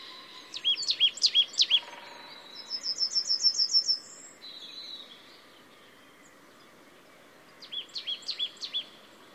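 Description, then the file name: Marsh tit calls: hooked, explosive high notes in a quick cluster, then a fast chattering run of thin notes, a quiet gap, then another cluster of hooked notes. "Poecile palustris"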